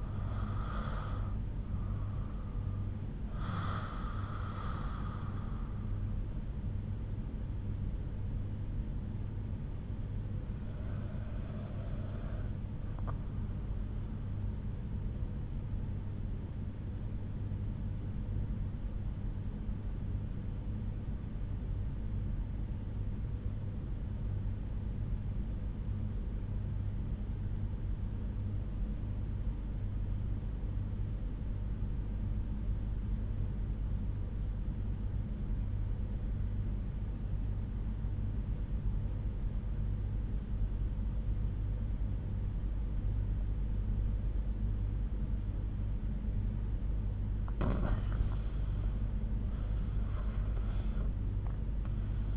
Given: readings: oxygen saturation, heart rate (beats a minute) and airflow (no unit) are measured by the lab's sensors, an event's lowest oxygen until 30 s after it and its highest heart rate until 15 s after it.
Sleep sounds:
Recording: breathing in sleep by a smartphone at the bedside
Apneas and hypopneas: 1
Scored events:
21.00-47.60 s: obstructive apnea (REM, oxygen 97% highest, then 87% lowest)
From the record:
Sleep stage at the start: REM sleep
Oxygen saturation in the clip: 88 to 97%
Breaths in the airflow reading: 4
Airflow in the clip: -10.8 to 11.9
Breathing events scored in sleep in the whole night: 368 in 8.0 hours asleep

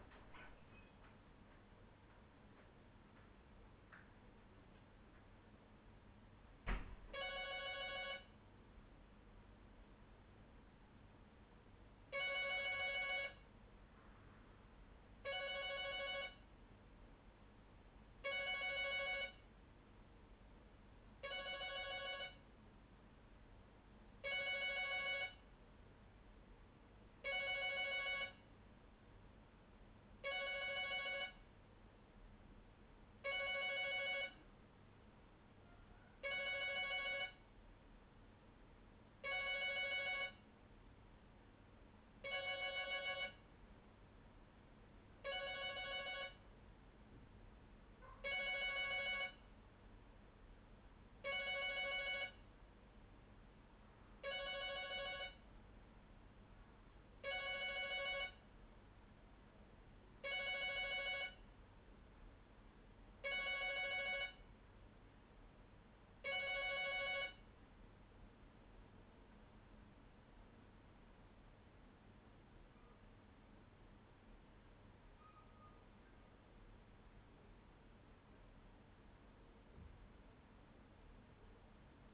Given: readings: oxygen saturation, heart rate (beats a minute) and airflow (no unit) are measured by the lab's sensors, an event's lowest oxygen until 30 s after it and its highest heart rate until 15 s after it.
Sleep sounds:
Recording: a person awake in a sleep study, by a voice recorder at the bedside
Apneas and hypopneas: none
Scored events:
0.00-82.14 s: awake
From the record:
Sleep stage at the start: awake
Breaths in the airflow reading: 30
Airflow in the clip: -0.8 to 0.6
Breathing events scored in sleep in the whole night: 201 in 6.5 hours asleep

